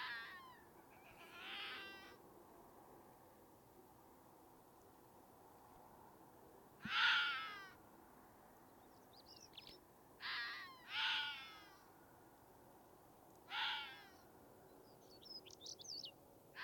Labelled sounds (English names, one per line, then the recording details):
Red Fox barking
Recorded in the wild
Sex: diverse
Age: adult
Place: Bernau bei Berlin, Barnim, Brandenburg, DE
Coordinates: 52.665, 13.628
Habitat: Field meadow
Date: 2023-04-23 20:00
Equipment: Sound Devices 702, Sennheiser MKH 415 T, Rhode Windschutz
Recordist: Frommolt, Karl-Heinz